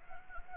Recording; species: mosquito wingbeat signal from an infrared sensor; Anopheles gambiae